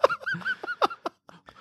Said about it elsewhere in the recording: 90-day cough. I'm about 4 days into it. I'm waking up in the morning and coughing up stuff that is ungodly. I just take half a breath in and it catches.